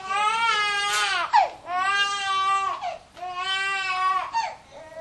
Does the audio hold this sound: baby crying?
yes